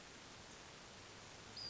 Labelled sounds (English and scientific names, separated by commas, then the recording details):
Western Flycatcher (Empidonax difficilis)
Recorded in Sonoma County, California